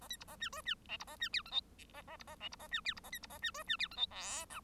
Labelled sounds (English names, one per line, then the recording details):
Bengalese Finch song
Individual Bird1